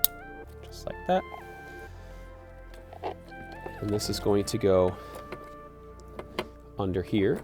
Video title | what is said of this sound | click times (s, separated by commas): DIY: The All-New BM3 Flex Fuel Kit by ProTuning Freaks - F80 M3 Install | then you can take this connection press it onto the sensor until you hear an audible click just like that | 0.0 s